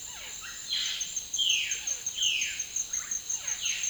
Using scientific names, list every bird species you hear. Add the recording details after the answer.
Psarocolius angustifrons, Cyanocorax violaceus. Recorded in dense forest near Puerto Asís, Putumayo, Colombia, on 21 February 2024 at 08:30. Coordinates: 0.502, -76.324. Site G6370